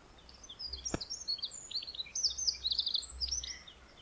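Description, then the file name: Eurasian wren pouring out high, rapid trilling notes in a fast chattering stream, with a single sharp click near the start. "Troglodytes troglodytes"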